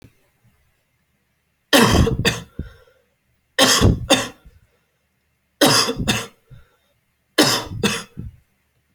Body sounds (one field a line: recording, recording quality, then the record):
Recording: heavy voluntary cough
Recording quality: excellent, no background noise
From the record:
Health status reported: healthy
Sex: male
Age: 24 years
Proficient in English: yes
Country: India